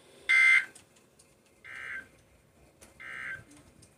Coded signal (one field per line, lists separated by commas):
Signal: Emergency Alert System (SAME) tones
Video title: SNOW SQUALL WARNINGS (EAS 86-89)